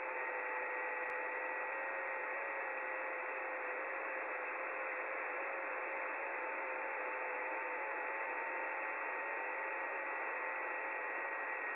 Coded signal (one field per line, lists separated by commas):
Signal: FT8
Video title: FT8 on 12 meter